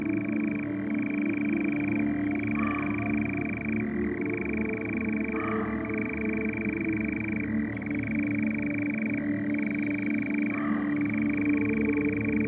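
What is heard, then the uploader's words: A nightjar churrs without pause, a steady, high, rattling trill that dips briefly in pitch every couple of seconds. A few short, sharper calls break in around 3, 5.5 and 11 seconds, over a constant low hum underneath. A summer nocturne, with the strange primeval churring of a nightjar, and a couple of muntjacs barking into the darkness.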